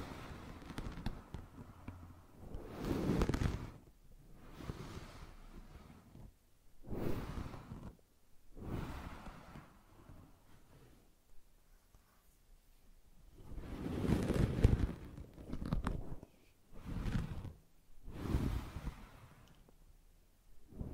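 Brushing strokes sweep across a surface in repeated soft swishes, each lasting about a second, with gaps of quiet between them. The strokes come irregularly, around seven or eight in all, some fuller and louder, especially near three and fifteen seconds.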